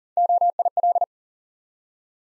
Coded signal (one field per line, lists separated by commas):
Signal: Morse code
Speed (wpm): 38 wpm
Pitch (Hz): 700 Hz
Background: none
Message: OIL